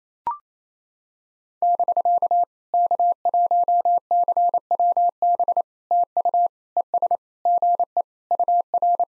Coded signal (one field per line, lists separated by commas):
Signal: Morse code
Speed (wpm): 28 wpm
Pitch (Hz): 700 Hz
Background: none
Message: <BK> K1CWB TU ES GE UR